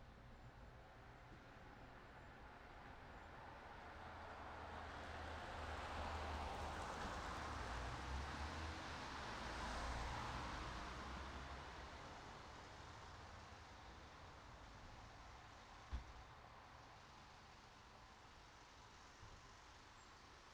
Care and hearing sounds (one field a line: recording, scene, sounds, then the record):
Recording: everyday scene through a hearing-aid microphone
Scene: in traffic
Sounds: traffic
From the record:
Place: city secondary road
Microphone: in the ear canal, right